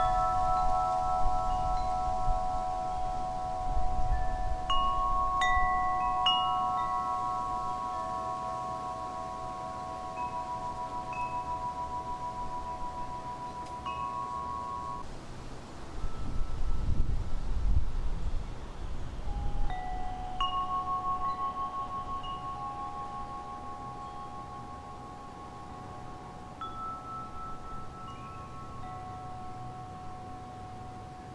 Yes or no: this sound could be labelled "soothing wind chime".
yes